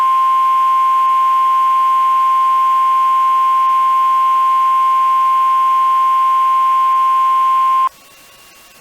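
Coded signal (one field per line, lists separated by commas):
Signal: Emergency Alert System (SAME) tones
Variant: 1050 Hz attention tone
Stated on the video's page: Mock EAS for a severe thunderstorm event, with NWR EAS tone endings borrowed.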